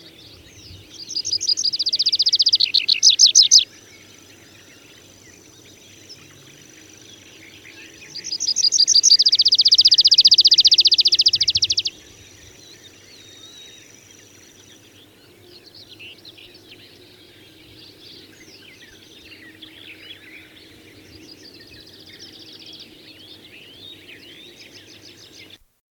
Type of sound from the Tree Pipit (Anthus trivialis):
song